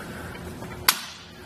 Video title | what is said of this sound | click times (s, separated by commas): Will the RockyMounts AfterParty Swing Away Bike Rack for 2 Bikes Fit Your 2022 Ford Maverick? | and you'll hear a snap | 0.9 s